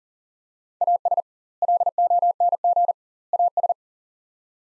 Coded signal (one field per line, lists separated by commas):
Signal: Morse code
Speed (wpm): 40 wpm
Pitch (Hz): 700 Hz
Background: none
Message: AS LONG AS